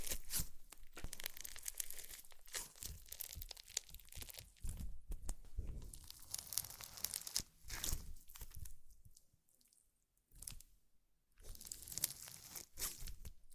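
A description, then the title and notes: Slime being worked by hand gives off dense, crackling crunches and crinkly squelches in quick, irregular bursts, bright and sharp at the top. The sounds run almost continuously, with a near-silent pause around 9 to 11 seconds before the crackling resumes. ASMR Slime - SO Satisfying - ( No Talking).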